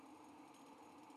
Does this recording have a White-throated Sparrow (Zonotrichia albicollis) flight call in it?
no